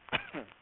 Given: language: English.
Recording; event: throat vibration sensor signal played as sound; cough